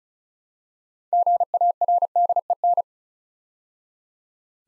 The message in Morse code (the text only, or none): GARDEN